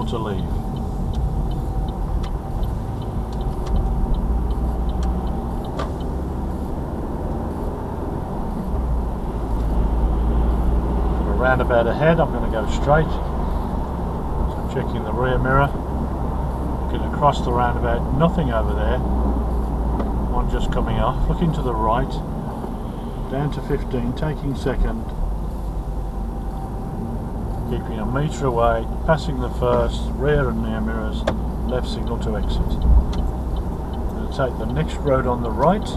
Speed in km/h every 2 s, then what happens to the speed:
16, 21, 24, 29, 34, 37, 42, 42, 39, 37, 32, 26, 21, 21, 23, 23, 26, 27.
0-12 speeds up to 42. 12-24 slows to 21. 24-36 speeds up to 27.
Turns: none.